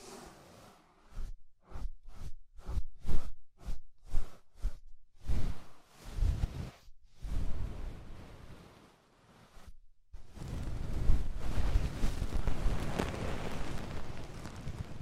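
Ear cleaning with rhinestone and clay removal: a run of short, regular scraping rubs comes about twice a second for the first five seconds, with silent gaps between. Longer crackly scrapes follow, then a brief pause near ten seconds and a dense, steady rustling to the end.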